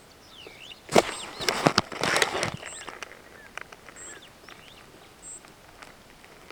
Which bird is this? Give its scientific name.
Lamprotornis superbus